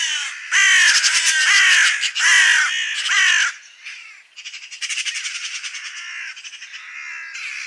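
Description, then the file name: Eurasian magpie giving loud, harsh downslurred squawks, then softer rattling chatter. "Pica pica"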